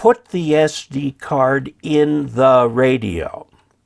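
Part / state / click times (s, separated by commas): SD memory card into the card slot of an HF transceiver / not seated / none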